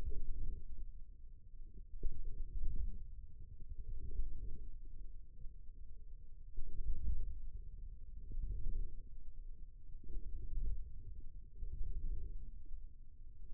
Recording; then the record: forearm muscle sounds (acoustic myography)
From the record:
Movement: inward rotation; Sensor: system 2, bracelet of six BSWA MPA416 microphones around the upper forearm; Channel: 3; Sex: male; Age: 22 years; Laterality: right